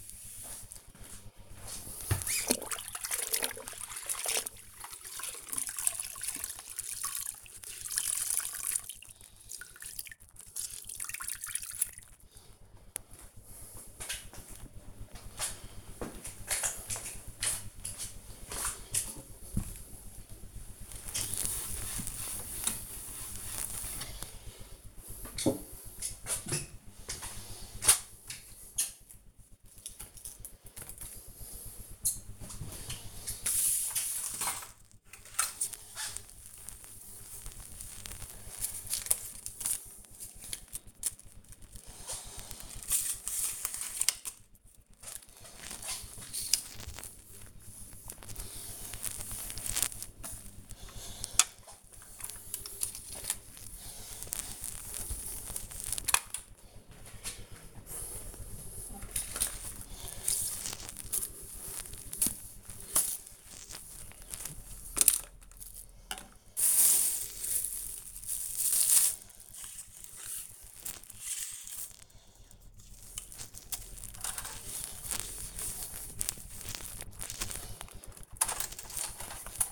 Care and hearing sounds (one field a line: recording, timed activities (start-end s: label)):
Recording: household activities, microphone on the right wrist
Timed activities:
0.00-15.13 s: cleaning the cupboard
21.15-79.71 s: cleaning the cupboard